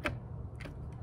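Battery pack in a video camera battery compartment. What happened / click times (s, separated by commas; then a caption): The battery release latch clicked open / 0.1 s. A battery release button on a video camera's battery compartment is pushed up to free the battery pack, giving a sharp click at 0.1 s, followed by a fainter tick around 0.6 s over a low steady hum. The battery pack is released from the camera body.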